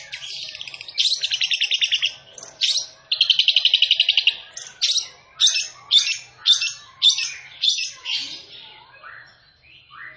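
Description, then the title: Long-tailed shrike song: buzzy trilled bursts, then separate loud chattering notes about twice a second that fade into scattered softer chirps. Singing bird described as 'gacor', a local term for a bird in full, vigorous song. "Cendet Gacor"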